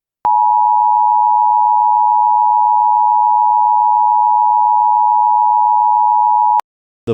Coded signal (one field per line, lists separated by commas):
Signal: Emergency Alert System (SAME) tones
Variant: 853 and 960 Hz attention tone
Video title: EAS Scenario: The SCP rampage (Part 1/2)